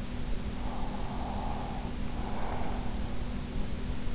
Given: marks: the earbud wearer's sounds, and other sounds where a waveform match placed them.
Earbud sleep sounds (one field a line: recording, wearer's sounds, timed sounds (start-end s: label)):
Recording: sounds in sleep by an in-ear microphone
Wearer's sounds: breath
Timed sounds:
0.18-3.34 s: breath